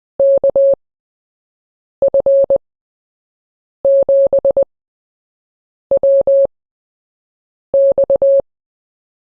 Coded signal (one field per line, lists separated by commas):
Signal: Morse code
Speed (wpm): 20 wpm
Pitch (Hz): 550 Hz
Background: none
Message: KF7WX